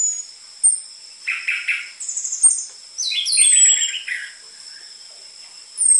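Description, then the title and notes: Orange-headed thrush song in short bursts: a few rapid trilled phrases separated by pauses, plus thin descending high whistles and a constant faint high tone. Energetic (gacor) song used as a lure (pikat) and dense filler material for tutoring caged spotted (trotol) orange-headed thrushes. "PANCINGAN Anis Merah Gacor Materi Isian Rapat Cocok Untuk MASTERAN Anis Merah TROTOL. pikat"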